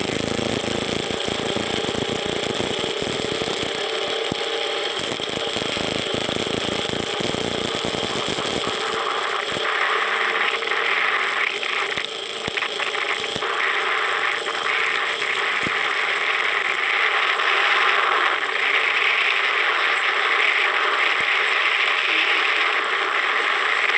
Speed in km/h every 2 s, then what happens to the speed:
18, 24, 27, 29, 34, 36, 38, 40, 43, 46, 49, 48.
0-19 speeds up to 49.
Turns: none.